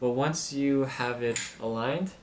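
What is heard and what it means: Someone talks while the upper mold of a button press (button maker) is being aligned in the slot of the press's swivel mount. The mold has not yet been twisted, and nothing has seated or clicked yet.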